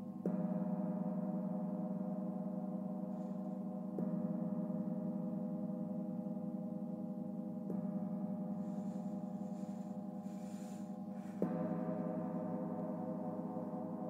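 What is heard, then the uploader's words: A gong is struck about every four seconds, each stroke blooming into a dense, shimmering low hum that sustains unbroken between hits. A Gong Sound Bath with Karena Virginia.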